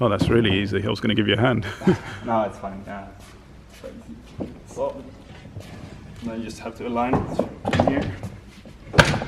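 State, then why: Seated. Two people talk as a cargo container is lifted by hand, lined up on the mounting of an Armadillo cargo bike frame, and pushed down. At 9.0 s there is a sharp snap as the container locks into place on the frame.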